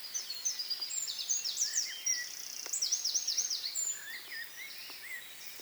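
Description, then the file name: Eurasian wren song, a fast, shrill outpouring of chattering trills and piercing notes that runs on through most. "Troglodytes troglodytes"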